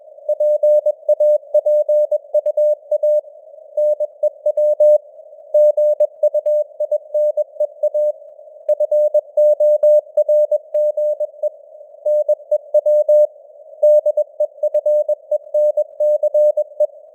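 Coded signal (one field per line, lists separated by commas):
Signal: Morse code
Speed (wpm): 21 wpm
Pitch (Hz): 600 Hz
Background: none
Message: PAPUA NEW GUINEA FORGE NEW DEFENCE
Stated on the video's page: News headlines sent in Morse at 21 wpm with simulated radio noise and varying signal strength (QSB).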